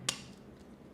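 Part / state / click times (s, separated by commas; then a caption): plastic limb/panel of a transforming robot figure into its body / seated / 0.1 s. A plastic limb or panel of a Transformers One Megatron Studio Series 114 transforming robot figure is pushed down into its body during transformation. A single sharp, bright snap sounds at 0.1 s, followed by quiet low background noise. The part is seated and snapped into place.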